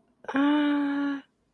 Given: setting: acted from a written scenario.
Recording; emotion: vocal sound without words; confusion